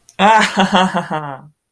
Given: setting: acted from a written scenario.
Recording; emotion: vocal sound without words; amusement